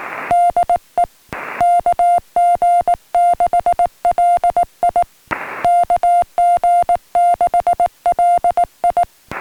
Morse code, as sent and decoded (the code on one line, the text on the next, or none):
-.. . / -.- --. -.... .-.. .. / -.- --. -.... .-.. ..
DE KG6LI KG6LI